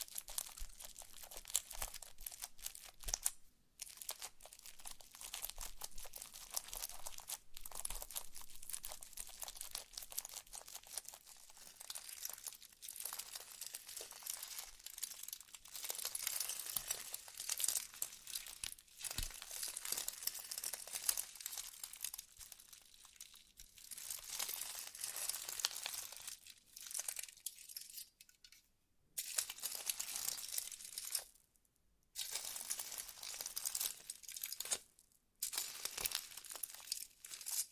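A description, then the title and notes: Slime being squished and worked, a dense run of crackling, crinkling pops that sound bright and wet. The texture churns almost without pause, swelling and easing, with a few brief silences near 3, 29, 32 and 35 seconds. ASMR SLIME SATISFYING - NO TALKING.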